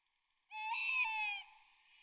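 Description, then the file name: Tawny owl hoot: one long, level, hollow note held for about a second. "bosuil"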